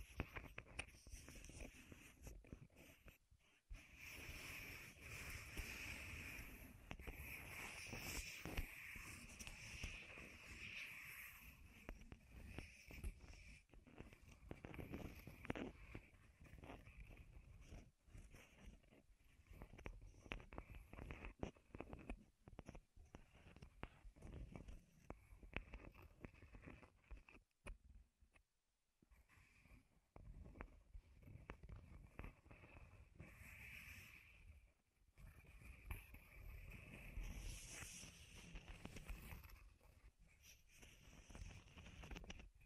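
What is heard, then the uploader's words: Close wooden tapping and scratching come in dense bursts with brief pauses near 4, 28 and 35 seconds, crisp and bright throughout. ASMR Wood Triggers in Your Ears (No Talking).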